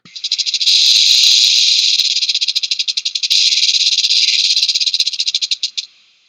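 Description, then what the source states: Western diamondback rattlesnake rattling: a steady, dry, hissing buzz of rapid pulses lasting about five and a half seconds, swelling early then cutting off. Lives throughout the American Southwest.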